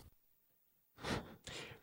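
An adult making sighing vocalizations while asleep and dreaming; fairly tame sleep noises.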